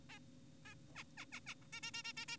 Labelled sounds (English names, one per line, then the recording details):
Zebra Finch
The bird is an adult
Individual g4p5U